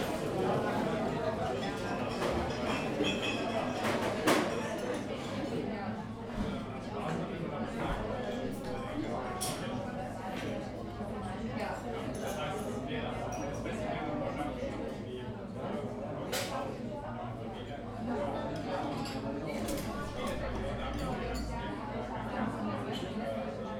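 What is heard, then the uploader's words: Muffled chatter of many people fills a busy café steadily, with frequent bright clinks of cups scattered throughout and a low hum underneath. Noisy Coffee Shop Sounds. The lively buzz of a café.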